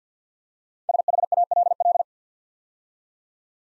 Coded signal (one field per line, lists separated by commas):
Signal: Morse code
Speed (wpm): 53 wpm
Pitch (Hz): 700 Hz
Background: none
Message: SHALL